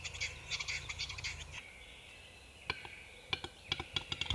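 Western capercaillie display: series of sharp dry clicks, some quick and clustered, with a brief hissing, grinding passage in between.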